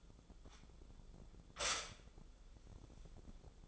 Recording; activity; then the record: daily activity, microphone in the room; stop toaster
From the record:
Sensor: 5